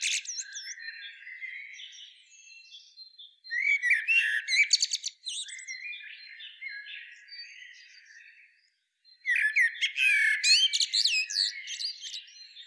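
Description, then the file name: Common blackbird producing bursts of shrill, rapid twittering separated by quieter soft warbling, with a brief pause before a final energetic burst. "Turdus merula"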